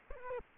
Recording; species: mosquito wingbeat signal from an infrared sensor; Culex quinquefasciatus